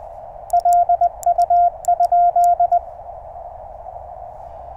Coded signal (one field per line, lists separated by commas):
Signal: Morse code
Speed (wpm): 19 wpm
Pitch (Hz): 720 Hz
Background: none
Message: LU?